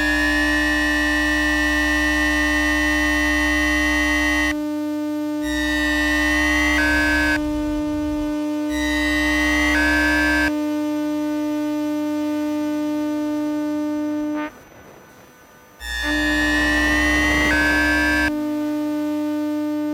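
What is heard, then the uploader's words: Electromagnetic hum recorded inside a tram: a loud, steady electrical drone with a strong low buzz and stacked whining tones that glide upward around 6–7, 10 and 17 seconds. The low buzz cuts in and out repeatedly, and near 15 seconds everything drops to a brief hiss. Electromagnetic field recording from tram number 13. Gear: LOM Elektrosluch Mini City and Zoom H2. Place: Brugata to Birkelunden Oslo, Norway.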